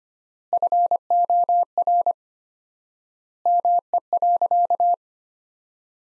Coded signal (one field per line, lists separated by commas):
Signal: Morse code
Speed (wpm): 25 wpm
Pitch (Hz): 700 Hz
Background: none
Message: FOR ME.